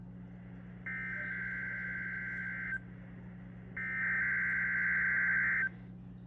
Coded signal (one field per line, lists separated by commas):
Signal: Emergency Alert System (SAME) tones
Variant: header bursts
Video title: EAS: LSX Required Weekly Test, 1-8-2025